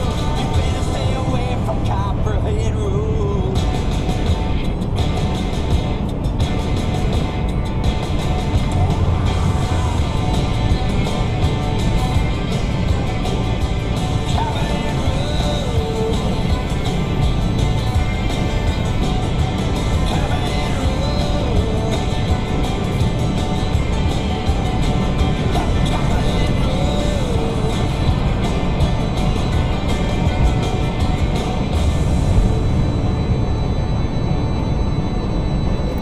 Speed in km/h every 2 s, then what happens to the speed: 130, 132, 132, 134, 132, 135, 135, 135, 134, 135, 138, 142, 142, 142, 138, 137, 137, 138.
0-36 steady at about 135.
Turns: none.